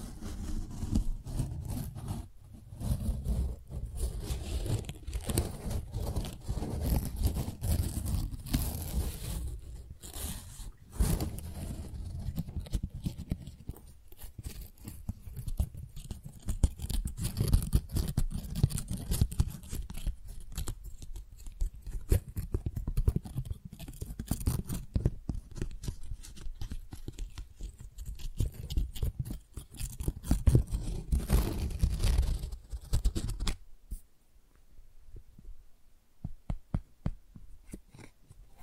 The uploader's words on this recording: ASMR Most Beautiful Tingly Flower Sounds (No Talking).